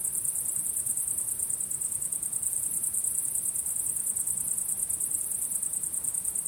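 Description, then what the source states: Many crickets chirping, a bright, fast pulsing trill held steady from start to finish, with quiet low background noise. Recorded at sunset.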